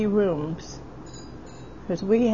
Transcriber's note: ringing noise